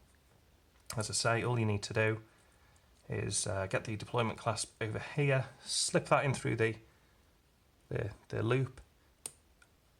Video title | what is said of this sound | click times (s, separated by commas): Bulova Accutron II Alpha Spaceview 97A122 Overview | press it in, you'll hear the click, and just bring the second loop | 9.3 s